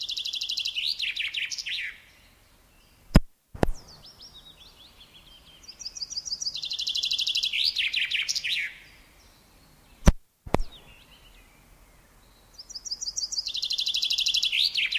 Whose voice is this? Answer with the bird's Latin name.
Fringilla coelebs